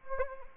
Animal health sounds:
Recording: mosquito wingbeat signal from an infrared sensor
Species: Anopheles arabiensis

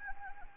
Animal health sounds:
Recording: mosquito wingbeat signal from an infrared sensor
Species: Anopheles gambiae

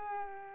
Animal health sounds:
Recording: mosquito wingbeat signal from an infrared sensor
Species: Culex pipiens

